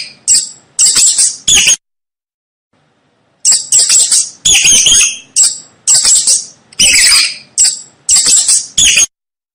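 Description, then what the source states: Mouse squeaks in short, harsh, high-pitched bursts, grouped in quick runs with a pause of nearly two seconds between runs. Mouse squeaking to help a baby fall asleep.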